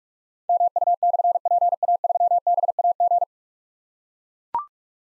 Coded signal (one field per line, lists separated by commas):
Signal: Morse code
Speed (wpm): 44 wpm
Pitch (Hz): 700 Hz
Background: none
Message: MU/PA3BAG